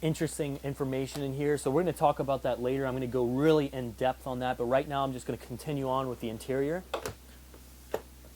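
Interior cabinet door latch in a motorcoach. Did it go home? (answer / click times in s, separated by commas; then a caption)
yes / 7.9 s, 8.4 s. Someone talks for most of the clip, then an interior cabinet door in a 2003 Prevost Marathon Coach XLII 40 motorcoach is closed. A solid click sounds at 7.9 s, and the latch locks into place with a second click at 8.4 s.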